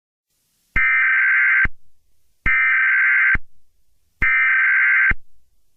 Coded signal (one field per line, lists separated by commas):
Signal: Emergency Alert System (SAME) tones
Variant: header bursts